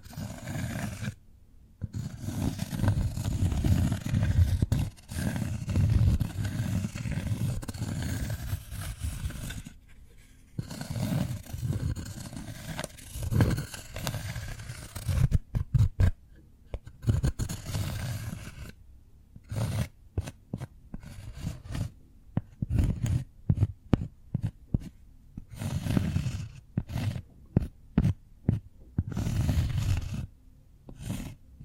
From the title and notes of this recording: ASMR Cork Triggers. (No Talking).